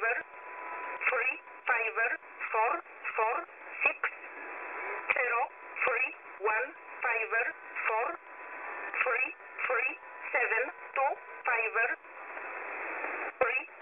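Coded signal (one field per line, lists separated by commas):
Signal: numbers station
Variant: E11, English-language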